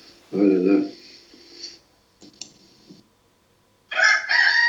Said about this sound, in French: Oh là là. Ouais, même le coq, voilà. Il est content. Et ça, c'est bien, il revient tout le temps.